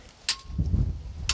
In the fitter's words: there's the click